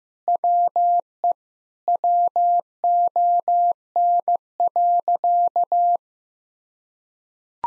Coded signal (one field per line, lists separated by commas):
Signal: Morse code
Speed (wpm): 16 wpm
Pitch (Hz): 700 Hz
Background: none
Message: WE WON.